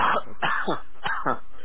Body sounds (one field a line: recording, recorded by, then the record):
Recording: voluntary cough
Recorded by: telephone call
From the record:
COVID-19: positive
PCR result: self-reported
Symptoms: yes